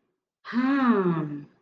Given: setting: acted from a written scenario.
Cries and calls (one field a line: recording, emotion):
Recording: vocal sound without words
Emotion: realization